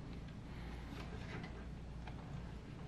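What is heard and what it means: A RAM memory module is being handled at a desktop motherboard DIMM slot, with its other end being pushed in toward the second plastic retention clip. Only a steady low background hum with faint scraping is heard, plus one brief tick near 2.1 s. Nothing has seated or clicked yet.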